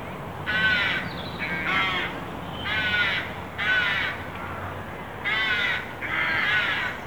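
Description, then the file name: Carrion crow cawing: six harsh, drawn-out calls, each about half a second long. "Corvus corone"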